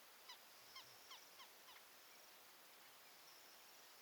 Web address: sound montagu's-harrier. صدای-پرنده-سنقر-گندمزار